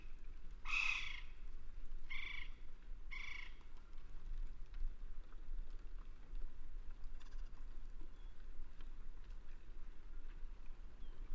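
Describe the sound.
West Indian woodpecker with three raspy, nasal notes spaced about a second apart early on, then only low background noise.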